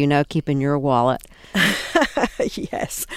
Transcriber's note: soundbite of laughter